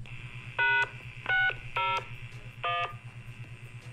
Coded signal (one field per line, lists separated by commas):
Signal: DTMF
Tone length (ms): 250 ms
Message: #601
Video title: vox repeater with dtmf functions